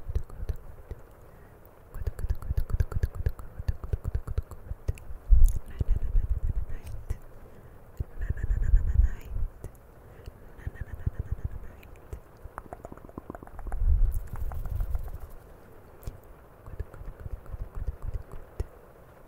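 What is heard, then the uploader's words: Hands touch and handle a camera, making dense bursts of clicks, taps and low rubbing thumps in waves around 2–6, 8–10 and 13–16 seconds. Quieter stretches sit between them. Around 8–9 seconds, soft wet mouth sounds add a brief higher squeak. CAMERA TOUCHING E MOUTH SOUNDS.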